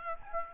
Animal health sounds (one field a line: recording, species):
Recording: mosquito wingbeat signal from an infrared sensor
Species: Aedes aegypti